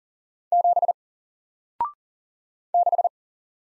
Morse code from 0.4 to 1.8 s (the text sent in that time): 7